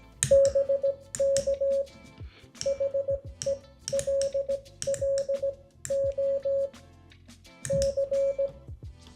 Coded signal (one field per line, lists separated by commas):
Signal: Morse code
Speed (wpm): 17 wpm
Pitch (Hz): 550 Hz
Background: music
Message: BK HELLO C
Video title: Morse Code Tools | CW Practice and Games! 🤖